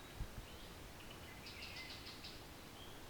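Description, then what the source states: Pine Warbler song: a short, slow series of several high notes, faint against steady background hiss. Slower, fairly short song variant than usual, not fading in and out much; forest in Halton, Ontario.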